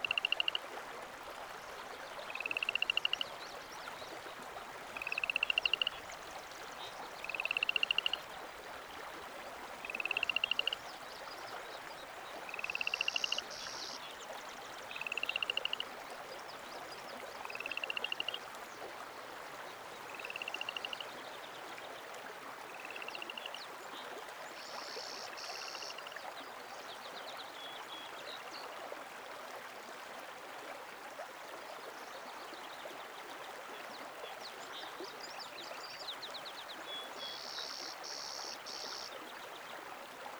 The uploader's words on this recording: Begins with the sound of Dupuyer Creek.